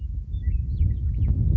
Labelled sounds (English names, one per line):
Western Meadowlark